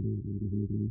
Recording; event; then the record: neck accelerometer signal played as sound; no cough (speech, laughter, throat clearing or background)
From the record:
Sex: female